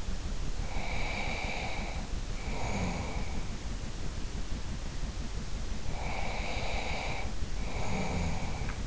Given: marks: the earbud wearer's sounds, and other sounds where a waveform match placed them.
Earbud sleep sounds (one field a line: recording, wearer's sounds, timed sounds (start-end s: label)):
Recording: sounds in sleep by an in-ear microphone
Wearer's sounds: breath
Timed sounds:
0.30-3.66 s: breath
5.81-8.87 s: breath